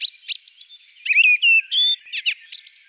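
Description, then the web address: Song thrush song: a rapid, varied mix of sharp chirps, whistled notes and short buzzy phrases, high-pitched. "Turdus philomelos"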